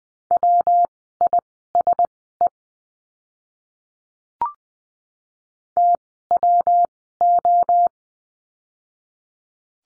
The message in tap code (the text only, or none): none